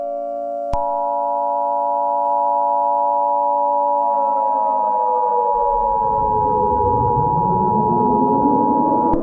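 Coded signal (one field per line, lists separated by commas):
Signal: Emergency Alert System (SAME) tones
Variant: 853 and 960 Hz attention tone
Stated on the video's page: Fictional EAS scenario with simulated alert tones.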